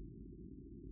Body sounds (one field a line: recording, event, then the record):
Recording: neck accelerometer signal played as sound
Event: no cough (speech, laughter, throat clearing or background)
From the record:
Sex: female